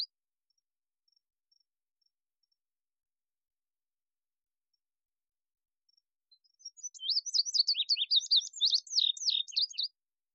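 Indigo bunting singing a brisk phrase of high, slurred notes for about three seconds after a long quiet stretch.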